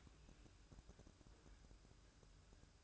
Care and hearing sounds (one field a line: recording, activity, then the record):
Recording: daily activity, microphone in the room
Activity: open fridge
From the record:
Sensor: 2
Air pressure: 1007.6 hPa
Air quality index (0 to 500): 53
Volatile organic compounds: 1 ppm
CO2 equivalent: 575 ppm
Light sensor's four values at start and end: 10/23/10/10 and 10/23/10/10